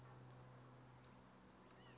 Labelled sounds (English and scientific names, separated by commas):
White-breasted Nuthatch (Sitta carolinensis)